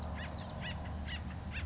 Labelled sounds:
Acorn Woodpecker (Melanerpes formicivorus)
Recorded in Sonoma County, California

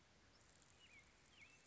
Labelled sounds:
American Robin (Turdus migratorius)
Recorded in Sonoma County, California

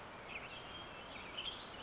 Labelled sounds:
Western Tanager (Piranga ludoviciana)
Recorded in Sonoma County, California

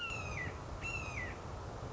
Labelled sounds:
Red-shouldered Hawk (Buteo lineatus)
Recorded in Sonoma County, California

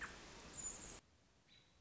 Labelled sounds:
American Robin (Turdus migratorius)
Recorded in Sonoma County, California

